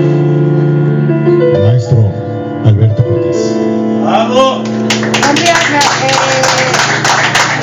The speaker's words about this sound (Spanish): Muchísimas gracias por su aplauso. Muchas gracias.